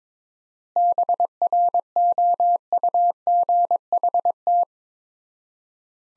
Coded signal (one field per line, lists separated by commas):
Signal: Morse code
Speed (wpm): 22 wpm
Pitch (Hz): 700 Hz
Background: none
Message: BROUGHT